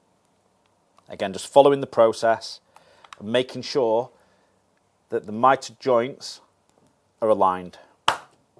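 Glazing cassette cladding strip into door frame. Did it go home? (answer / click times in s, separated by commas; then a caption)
yes / 8.1 s. Someone talks while one of the last cladding strips is aligned at its mitred joints and pushed onto the glazing cassette in a door frame. A sharp click is heard at 8.1 s as the strip seats into place.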